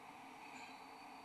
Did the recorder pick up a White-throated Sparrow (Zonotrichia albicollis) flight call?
no